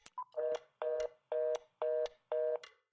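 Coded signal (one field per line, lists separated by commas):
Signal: telephone call progress tone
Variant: North America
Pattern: reorder tone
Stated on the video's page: Fictional old-time-radio style audio drama with produced sound effects.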